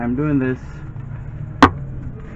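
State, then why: Seated. An automatic transmission filter for a 2005-2010 Chevy Cobalt is pushed up into its bore in the transmission case while someone talks over a low, steady hum. A single sharp, loud snap is heard at 1.6 s as the filter seats in place.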